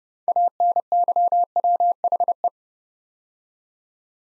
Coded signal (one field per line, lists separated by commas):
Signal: Morse code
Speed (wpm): 30 wpm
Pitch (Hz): 700 Hz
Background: none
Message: ANYWHE